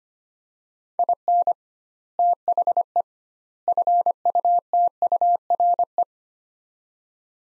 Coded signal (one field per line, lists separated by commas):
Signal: Morse code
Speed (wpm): 25 wpm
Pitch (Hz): 700 Hz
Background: none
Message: IN THE FUTURE